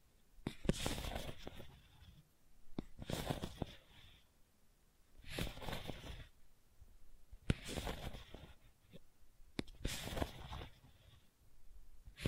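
Gentle scratching comes in soft, rasping bursts about a second long, repeating every two seconds or so with quiet pauses between. Each stroke is hissy and bright, and a few sharp clicks or taps land at moments across the clip.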